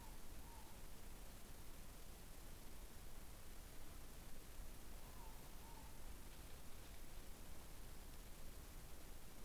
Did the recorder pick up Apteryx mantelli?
no